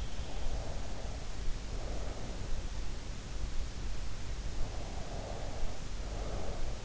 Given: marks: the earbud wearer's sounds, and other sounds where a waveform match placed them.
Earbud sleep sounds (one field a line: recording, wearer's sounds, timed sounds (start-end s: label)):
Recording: sounds in sleep by an in-ear microphone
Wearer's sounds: breath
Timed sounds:
0.46-2.70 s: breath
4.91-6.76 s: breath